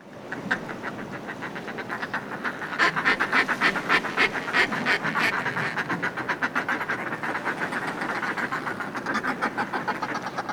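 Northern fulmar cackling call, a long series of rapid, gruff pulsed notes that build in strength after a few seconds and keep a steady chattering rhythm.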